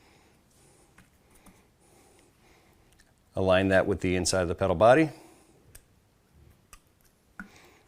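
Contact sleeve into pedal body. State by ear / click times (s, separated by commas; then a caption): seated / 7.4 s. A second contact sleeve (pedal bushing) for a mountain bike pedal is aligned with the groove inside the pedal body and pressed down on a firm surface. Someone talks briefly, then small clicks and taps follow. The sleeve snaps into place in the pedal body with a sharp click at 7.4 s.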